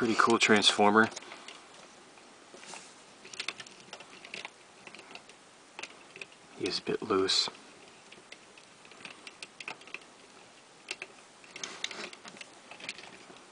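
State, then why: Not seated. Someone talks while handling a plastic Transformers toy (Whirl), working a part that is a bit loose against the toy body, with light plastic taps and clicks scattered through the clip. Nothing has seated or clicked into place yet by the end.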